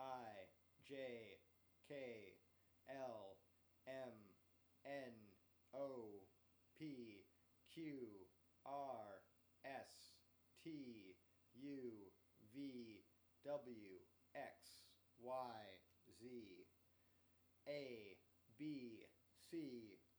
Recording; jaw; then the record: letters of the alphabet, spoken; free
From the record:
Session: first day, before the bite bar